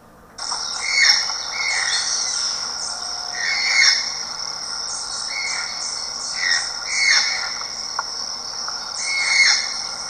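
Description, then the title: Channel-billed Toucan calls: hoarse, yelping notes repeated at intervals of a few seconds, over a steady high insect drone. "Tucán de pico negro"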